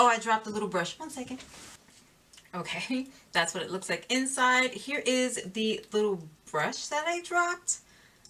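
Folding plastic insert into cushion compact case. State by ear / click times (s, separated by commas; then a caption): not seated / none. A folding plastic mirror and brush insert inside a cushion-foundation compact case is being handled while someone talks throughout. A faint short tick comes at the very end, around 8.2 s. The insert has not snapped into place yet, and nothing has seated or clicked.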